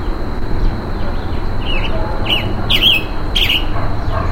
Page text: Calls of a Roadside Hawk as it is being mobbed in humid tropical forest.